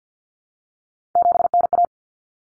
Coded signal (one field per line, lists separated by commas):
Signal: Morse code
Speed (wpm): 50 wpm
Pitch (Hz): 700 Hz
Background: none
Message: 7NA